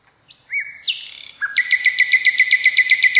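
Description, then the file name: Common nightingale song: a rising slurred whistle and a harsh buzzy note, then a steady, fast train of clear, ringing repeated notes to the end. Song variation. "kicauan-nightingale-a-variasi 1-omkicau"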